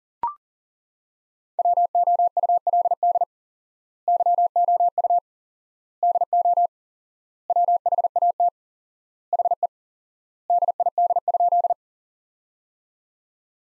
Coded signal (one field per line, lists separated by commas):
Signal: Morse code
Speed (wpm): 40 wpm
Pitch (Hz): 700 Hz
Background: none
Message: WOULD YOU DO WHAT HE DID?